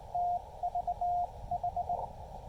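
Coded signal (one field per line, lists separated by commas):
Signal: Morse code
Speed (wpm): 18 wpm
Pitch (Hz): 700 Hz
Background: none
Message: TVH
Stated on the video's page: QRP CW park activation using a Yaesu FT-817ND, Elecraft T1 tuner and a wire antenna.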